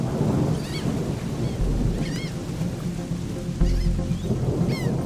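Steady rain hisses at night on a street while low thunder rumbles roll in twice, swelling briefly before fading back into the downpour. Faint chirping tones flicker above the rain at moments.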